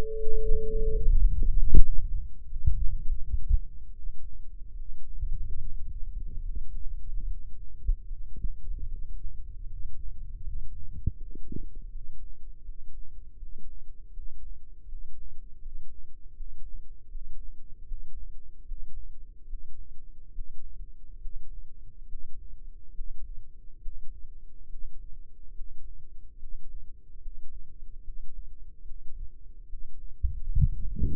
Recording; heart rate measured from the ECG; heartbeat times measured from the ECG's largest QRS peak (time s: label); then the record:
heart sounds by microphone in the left ear; 76 bpm
0.33 s: heartbeat
1.05 s: heartbeat
1.74 s: heartbeat
2.43 s: heartbeat
3.14 s: heartbeat
3.89 s: heartbeat
4.71 s: heartbeat
5.56 s: heartbeat
6.39 s: heartbeat
7.21 s: heartbeat
8.01 s: heartbeat
8.82 s: heartbeat
9.61 s: heartbeat
10.37 s: heartbeat
11.11 s: heartbeat
11.86 s: heartbeat
12.59 s: heartbeat
13.33 s: heartbeat
14.08 s: heartbeat
14.83 s: heartbeat
15.57 s: heartbeat
16.31 s: heartbeat
17.06 s: heartbeat
17.82 s: heartbeat
18.62 s: heartbeat
19.44 s: heartbeat
20.29 s: heartbeat
21.16 s: heartbeat
22.04 s: heartbeat
22.90 s: heartbeat
23.77 s: heartbeat
24.64 s: heartbeat
25.50 s: heartbeat
26.34 s: heartbeat
27.17 s: heartbeat
27.99 s: heartbeat
28.81 s: heartbeat
29.64 s: heartbeat
30.48 s: heartbeat
From the record:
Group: healthy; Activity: rest 0-2 s, Valsalva maneuver 2-31 s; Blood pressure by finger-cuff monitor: 92/52 mmHg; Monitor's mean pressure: 60 mmHg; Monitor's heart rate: 73 bpm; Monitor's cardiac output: 7.4 L/min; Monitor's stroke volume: 102 mL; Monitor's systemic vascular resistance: 560 dyn s/cm5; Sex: male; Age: 22 years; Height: 185 cm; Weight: 112.4 kg